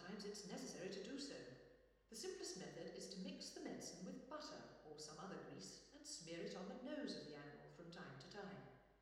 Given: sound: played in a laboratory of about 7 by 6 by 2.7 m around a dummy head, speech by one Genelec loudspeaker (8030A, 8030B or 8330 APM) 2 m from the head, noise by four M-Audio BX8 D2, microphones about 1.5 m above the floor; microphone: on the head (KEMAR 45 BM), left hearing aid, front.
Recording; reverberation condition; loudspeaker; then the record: female speech in English; high; 120 degrees to the left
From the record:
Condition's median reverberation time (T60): about 1300 ms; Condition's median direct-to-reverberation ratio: about -4.0 dB